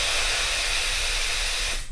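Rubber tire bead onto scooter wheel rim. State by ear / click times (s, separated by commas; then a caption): not seated / none. Air hisses steadily as a scooter tire is inflated, a loud broadband rush that holds for about 1.8 seconds and then cuts off. The rubber tire bead does not seat all the way onto the scooter wheel rim, and nothing has seated or clicked yet.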